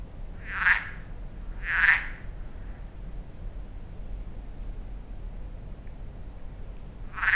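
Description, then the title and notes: Frog giving short croaking calls, two about a second apart, then silence before another croak, over low steady background noise. Frogs at Lac de Barterand, Magnieu, France; echo reveals the hills around the lake; recorded in stereo ORTF with Sennheiser MKH8040 and Zoom F8. "Lac de Barterand - Magnieu, France - Échos batraciens. l’Observatoire PhoNographique Sensible du Rhône"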